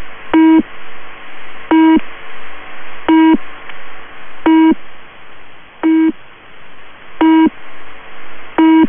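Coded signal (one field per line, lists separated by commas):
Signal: channel marker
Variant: UVB-76 Low Pip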